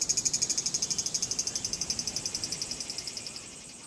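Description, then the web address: Cicada call: a fast, regularly pulsed high-pitched rasp that gradually weakens and fades out toward the end. Cicada in a cemetery in Tokyo, Japan; long call with a sci-fi sound. "lynne-publishing insect call circada sci fi sounding long Tokyo Japan cemetary"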